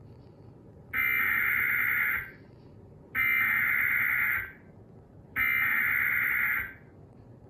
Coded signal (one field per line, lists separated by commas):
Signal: Emergency Alert System (SAME) tones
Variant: header bursts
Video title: Severe Weather EAS Alert-A-Thon (Cox) 8/27/2024